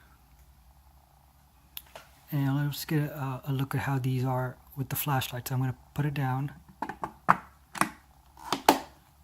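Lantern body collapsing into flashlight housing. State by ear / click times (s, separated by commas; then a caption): seated / 8.7 s. Someone talks, then pushes the plastic body of a Thorfire or Suaoki pocket lantern down into its flashlight housing to switch it to flashlight mode, with several short clicks as it is handled. A sharp click at 8.7 s marks the body locking into place, seated and firm.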